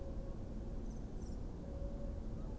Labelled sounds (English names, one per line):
Common Blackbird